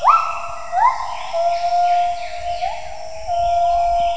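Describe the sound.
Gibbon calls: loud whooping notes that slide steeply upward, then hold as long, steady whistled tones with fainter rising notes between them. The background is quiet.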